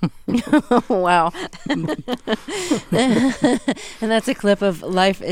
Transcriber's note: laughter